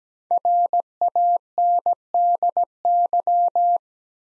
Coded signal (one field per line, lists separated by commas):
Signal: Morse code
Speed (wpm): 17 wpm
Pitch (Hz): 700 Hz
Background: none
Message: RANDY